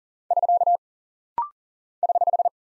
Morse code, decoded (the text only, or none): <SK> <HH>